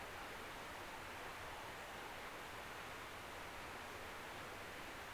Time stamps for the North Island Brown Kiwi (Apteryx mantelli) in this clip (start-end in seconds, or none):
none